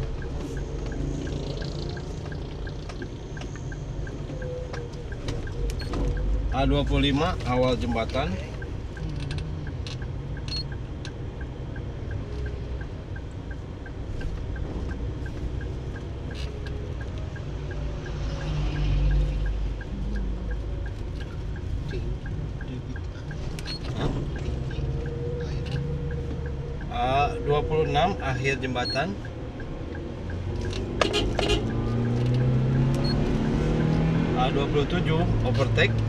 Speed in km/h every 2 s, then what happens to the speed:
20, 19, 19, 19, 19, 19, 19, 22, 23, 24, 26, 33, 34, 36, 38, 40, 46, 49.
0-12 steady at about 19. 12-36 speeds up to 49.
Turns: none.